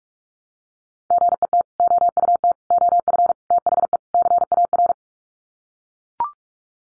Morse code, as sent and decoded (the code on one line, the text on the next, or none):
--. . - / --- ..- - / --- ..-. / - .... . / -.-. .- .-.
GET OUT OF THE CAR